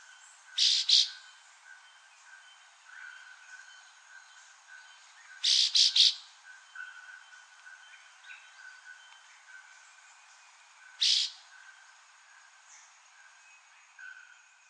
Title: LuckyPassaro Completos2Sama. Chestnut-bellied Euphonia (Euphonia pectoralis)